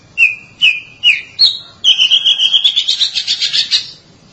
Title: Suara Kicauan Burung Kacer